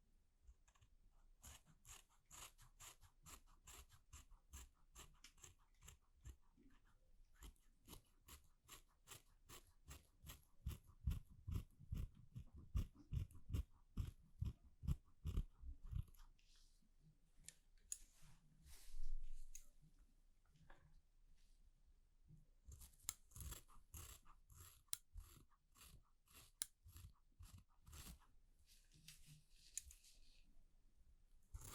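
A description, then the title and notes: Scissors snip quickly and steadily through a haircut, the crisp clicks coming in fast, even runs. Around the middle the cuts come with heavier, duller snaps, then there is a short lull with a soft rustle before the rapid snipping resumes. ASMR Relaxing Barber Shop (No Talking) Haircut, Shaving, Shampoo & Massage, etc.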